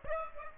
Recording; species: mosquito wingbeat signal from an infrared sensor; Aedes aegypti